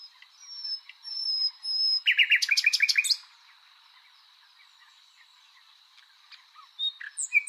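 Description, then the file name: Common nightingale song: after faint thin whistles, a loud rapid burst of repeated clicking, rattling notes lasts about a second, followed by quiet pause and scattered sharp notes. "Luscinia megarhynchos"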